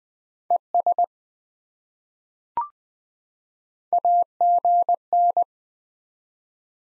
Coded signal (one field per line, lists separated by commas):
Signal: Morse code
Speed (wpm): 20 wpm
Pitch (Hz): 700 Hz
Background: none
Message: ES AGN